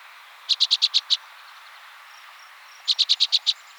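Orchard oriole chatter: two quick bursts of six sharp, evenly spaced notes each, separated by a pause of nearly two seconds, with soft hiss behind.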